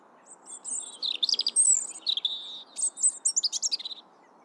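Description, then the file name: European robin singing a continuous stream of thin, high, varied phrases, sweeping whistles mixed with quick rattled notes and sparkling trills, with faint background hiss. "Erithacus rubecula"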